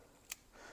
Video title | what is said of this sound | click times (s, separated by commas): Sionyx Aurora Pro: Is it right for you? | battery Clips in and then you can just go ahead and replace this uh | 0.3 s